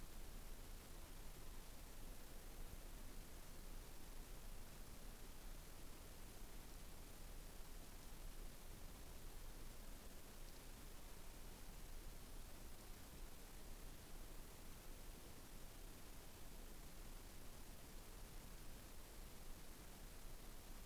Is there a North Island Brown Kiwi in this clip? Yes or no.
no